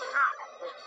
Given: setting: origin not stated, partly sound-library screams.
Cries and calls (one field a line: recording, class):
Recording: one-second piece from a danger detection set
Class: woman in danger